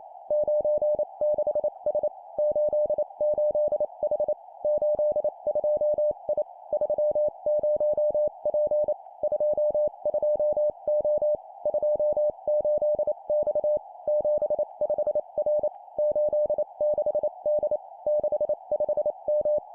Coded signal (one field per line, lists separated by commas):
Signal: Morse code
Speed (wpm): 28 wpm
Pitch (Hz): 600 Hz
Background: none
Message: 96S 88H 82I 30P 22O 28X 75R 86D 65M